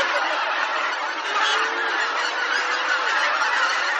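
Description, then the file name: Bean goose: bean geese honking together in a thick chorus, with a few drawn-out tonal calls standing out in the middle. "hisikui"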